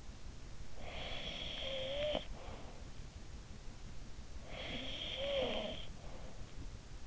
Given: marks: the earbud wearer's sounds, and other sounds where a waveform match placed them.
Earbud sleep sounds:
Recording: sounds in sleep by an in-ear microphone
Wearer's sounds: snoring breath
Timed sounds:
0.42-2.84 s: snoring breath
4.02-6.36 s: snoring breath

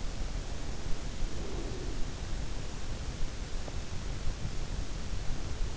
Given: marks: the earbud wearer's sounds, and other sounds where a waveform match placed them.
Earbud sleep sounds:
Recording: sounds in sleep by an in-ear microphone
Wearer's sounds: breath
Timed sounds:
0.93-2.68 s: breath

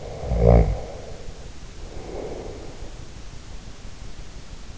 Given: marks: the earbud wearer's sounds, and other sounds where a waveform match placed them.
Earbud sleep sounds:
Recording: sounds in sleep by an in-ear microphone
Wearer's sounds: snoring breath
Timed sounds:
0.15-3.07 s: snoring breath

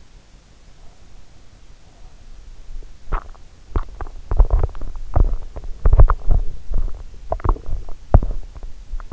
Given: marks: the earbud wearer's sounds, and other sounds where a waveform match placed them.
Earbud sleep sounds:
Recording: sounds in sleep by an in-ear microphone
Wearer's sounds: teeth grinding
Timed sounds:
3.03-9.13 s: teeth grinding

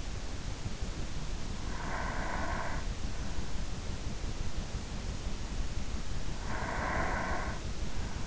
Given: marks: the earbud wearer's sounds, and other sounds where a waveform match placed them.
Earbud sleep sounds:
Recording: sounds in sleep by an in-ear microphone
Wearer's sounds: breath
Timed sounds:
1.38-3.20 s: breath
5.99-8.27 s: breath

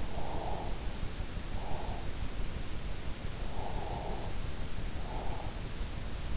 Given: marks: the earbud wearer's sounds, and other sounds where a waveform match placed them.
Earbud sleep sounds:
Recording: sounds in sleep by an in-ear microphone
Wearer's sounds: breath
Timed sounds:
0.18-1.95 s: breath
3.66-5.46 s: breath

